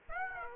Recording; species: mosquito wingbeat signal from an infrared sensor; Aedes aegypti